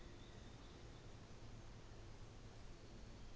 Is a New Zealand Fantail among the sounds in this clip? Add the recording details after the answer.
no. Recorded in New Zealand on 24 December 2018. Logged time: 14:10